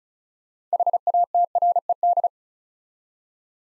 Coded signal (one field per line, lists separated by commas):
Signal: Morse code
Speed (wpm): 36 wpm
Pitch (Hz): 700 Hz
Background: none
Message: HATRED